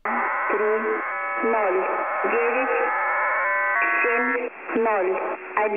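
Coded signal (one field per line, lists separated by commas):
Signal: numbers station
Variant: HM01 with S06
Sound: overlapping synthetic-sounding voices and tones, several transmissions mixed together over static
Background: radio static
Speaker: first off we have HMO one mixing with s6s and s06 you can clearly hear all three transmissions let's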